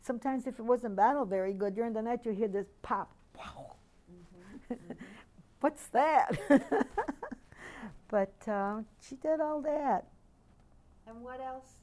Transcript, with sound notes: Sometimes if it wasn't bottled very good --- during the night you'd hear this pop. Pow! [Laughs] What's that? [Laughs] But, uh, she did all that.
And what else?